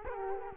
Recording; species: mosquito wingbeat signal from an infrared sensor; Culex quinquefasciatus